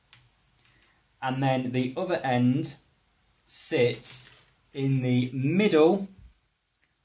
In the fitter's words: and it goes into the middle one and you know it's in because it'll click in place